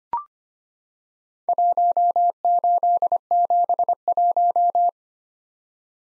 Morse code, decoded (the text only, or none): 1871